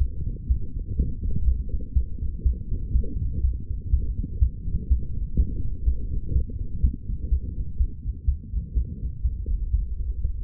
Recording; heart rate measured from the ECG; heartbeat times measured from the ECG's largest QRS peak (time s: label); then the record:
heart sounds by stethoscope; 123 bpm
0.48 s: heartbeat
0.97 s: heartbeat
1.45 s: heartbeat
1.94 s: heartbeat
2.43 s: heartbeat
2.93 s: heartbeat
3.42 s: heartbeat
3.91 s: heartbeat
4.40 s: heartbeat
4.89 s: heartbeat
5.37 s: heartbeat
5.85 s: heartbeat
6.33 s: heartbeat
6.81 s: heartbeat
7.30 s: heartbeat
7.78 s: heartbeat
8.26 s: heartbeat
8.74 s: heartbeat
9.22 s: heartbeat
9.72 s: heartbeat
10.23 s: heartbeat
From the record:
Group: healthy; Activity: light exercise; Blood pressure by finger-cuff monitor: 148/119 mmHg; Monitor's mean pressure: 129 mmHg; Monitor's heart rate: 124 bpm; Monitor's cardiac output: 7.5 L/min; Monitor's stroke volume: 61 mL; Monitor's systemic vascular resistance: 1270 dyn s/cm5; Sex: female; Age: 22 years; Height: 161 cm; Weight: 65.5 kg